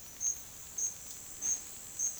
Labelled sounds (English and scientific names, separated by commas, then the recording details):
none
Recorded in pastures near Puerto Asís, Putumayo, Colombia, on 30 June 2025 at 10:00
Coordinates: 0.502, -76.324
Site G010